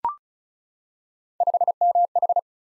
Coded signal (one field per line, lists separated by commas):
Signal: Morse code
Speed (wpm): 36 wpm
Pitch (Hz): 700 Hz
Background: none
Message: 5MH